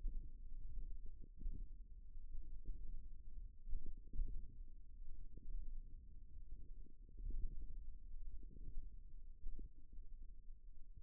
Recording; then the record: forearm muscle sounds (acoustic myography)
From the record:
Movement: finger pinch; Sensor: system 1, eight BSWA MPA416 microphones around the upper forearm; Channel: 8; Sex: female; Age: 20 years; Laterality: right